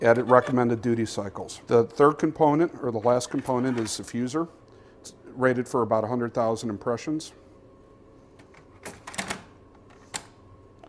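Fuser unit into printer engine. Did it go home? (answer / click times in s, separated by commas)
yes / 10.2 s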